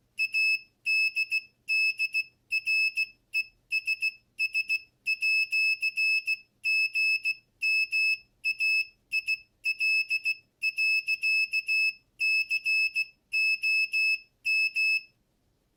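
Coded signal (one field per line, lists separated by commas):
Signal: Morse code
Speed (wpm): 16 wpm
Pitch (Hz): 2600 Hz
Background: none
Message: ADDRESS@GMAIL.COM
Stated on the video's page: Morse code generated by an active buzzer driven by an Arduino UNO from an Elegoo starter kit.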